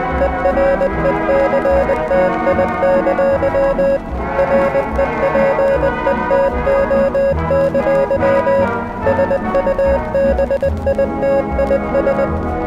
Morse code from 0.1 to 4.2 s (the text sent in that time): ERECTI!